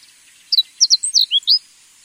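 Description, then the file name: Japanese Reed Bunting giving a brisk run of about eight sharp, high notes, several sliding downward, packed into one second against quiet background. "kojurin"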